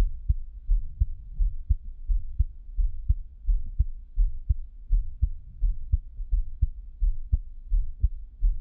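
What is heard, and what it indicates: Steady, regular low thumps at about 86 beats a minute: an ordinary adult heartbeat heard up close, with no talking.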